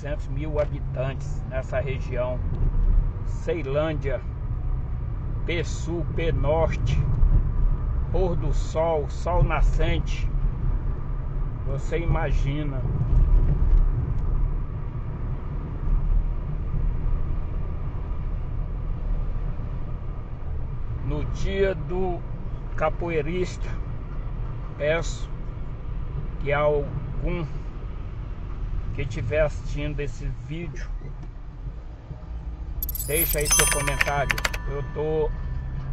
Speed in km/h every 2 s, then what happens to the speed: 19, 22, 30, 36, 36, 37, 38, 40, 42, 45, 47, 48, 47, 45, 42, 37, 22, 14.
0-24 speeds up to 47. 24-33 brakes to 14.